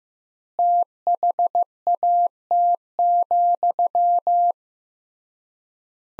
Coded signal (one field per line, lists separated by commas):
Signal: Morse code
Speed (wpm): 15 wpm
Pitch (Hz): 700 Hz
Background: none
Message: THAT,